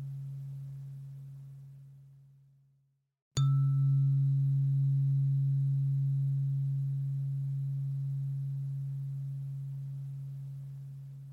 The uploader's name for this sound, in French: Fréquence 128Hz